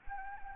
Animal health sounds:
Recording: mosquito wingbeat signal from an infrared sensor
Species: Anopheles gambiae

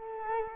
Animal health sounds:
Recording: mosquito wingbeat signal from an infrared sensor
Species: Culex quinquefasciatus

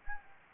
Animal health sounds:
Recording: mosquito wingbeat signal from an infrared sensor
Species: Anopheles gambiae

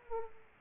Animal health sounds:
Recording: mosquito wingbeat signal from an infrared sensor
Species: Aedes aegypti

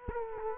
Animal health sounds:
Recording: mosquito wingbeat signal from an infrared sensor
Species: Culex quinquefasciatus

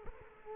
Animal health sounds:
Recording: mosquito wingbeat signal from an infrared sensor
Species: Culex quinquefasciatus

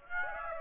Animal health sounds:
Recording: mosquito wingbeat signal from an infrared sensor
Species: Aedes aegypti

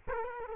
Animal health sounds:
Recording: mosquito wingbeat signal from an infrared sensor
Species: Culex quinquefasciatus

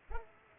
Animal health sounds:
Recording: mosquito wingbeat signal from an infrared sensor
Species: Culex pipiens

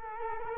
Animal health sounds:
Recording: mosquito wingbeat signal from an infrared sensor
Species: Culex quinquefasciatus

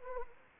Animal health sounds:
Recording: mosquito wingbeat signal from an infrared sensor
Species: Anopheles arabiensis

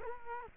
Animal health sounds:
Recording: mosquito wingbeat signal from an infrared sensor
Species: Culex quinquefasciatus

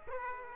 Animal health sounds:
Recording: mosquito wingbeat signal from an infrared sensor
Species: Aedes aegypti

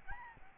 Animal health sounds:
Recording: mosquito wingbeat signal from an infrared sensor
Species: Aedes albopictus

